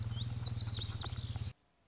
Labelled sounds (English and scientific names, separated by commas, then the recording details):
Lazuli Bunting (Passerina amoena)
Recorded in Sonoma County, California